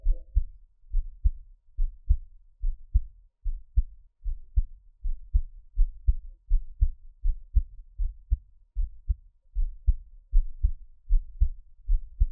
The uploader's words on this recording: 獻上我的心跳 | Give my Heartbeat. NO Talking.